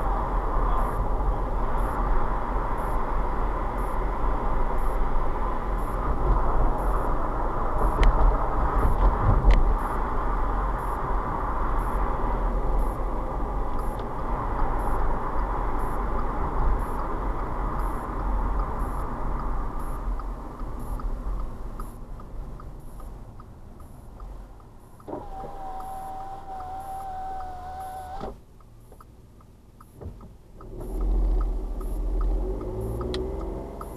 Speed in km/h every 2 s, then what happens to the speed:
40, 39, 42, 44, 45, 42, 42, 42, 42, 39, 35, 32, 31, 31, 26, 13, 13.
0-16 steady at about 42. 16-22 slows to 32. 22-27 steady at about 31. 27-30 brakes to 13.